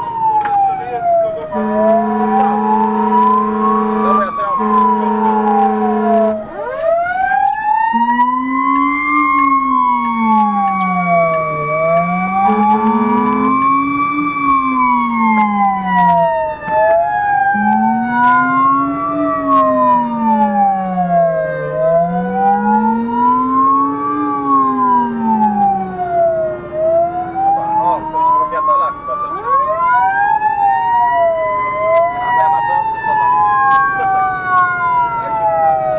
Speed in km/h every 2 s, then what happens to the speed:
51, 50, 44, 36, 26, 18, 25, 28, 35, 39, 42, 45, 50, 54, 55, 57, 60, 64.
2-11 brakes to 18. 11-36 speeds up to 64.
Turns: 7-11.